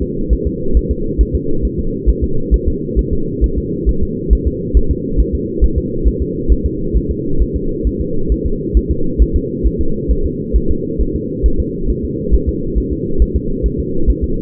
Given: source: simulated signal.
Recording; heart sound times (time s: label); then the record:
fetal heart sounds
0.02 s: S2
0.33 s: S1
0.47 s: S2
0.77 s: S1
0.91 s: S2
1.21 s: S1
1.35 s: S2
1.65 s: S1
1.79 s: S2
2.09 s: S1
2.24 s: S2
2.54 s: S1
2.68 s: S2
2.99 s: S1
3.13 s: S2
3.44 s: S1
3.58 s: S2
3.89 s: S1
4.03 s: S2
4.33 s: S1
4.47 s: S2
4.77 s: S1
4.91 s: S2
5.20 s: S1
5.35 s: S2
5.64 s: S1
5.78 s: S2
6.08 s: S1
6.22 s: S2
6.52 s: S1
6.66 s: S2
6.97 s: S1
7.11 s: S2
7.42 s: S1
7.56 s: S2
7.87 s: S1
8.01 s: S2
8.32 s: S1
8.46 s: S2
8.77 s: S1
8.91 s: S2
9.22 s: S1
9.36 s: S2
9.66 s: S1
9.81 s: S2
10.11 s: S1
10.26 s: S2
10.56 s: S1
10.71 s: S2
11.01 s: S1
11.16 s: S2
11.46 s: S1
11.60 s: S2
11.90 s: S1
12.05 s: S2
12.34 s: S1
12.49 s: S2
12.78 s: S1
12.93 s: S2
13.22 s: S1
13.36 s: S2
13.66 s: S1
13.80 s: S2
14.10 s: S1
14.24 s: S2
From the record:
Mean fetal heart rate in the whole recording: 135 bpm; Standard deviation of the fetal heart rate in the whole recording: 3 bpm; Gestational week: 34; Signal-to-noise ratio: -8.1 dB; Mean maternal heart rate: 72 bpm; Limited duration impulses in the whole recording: absent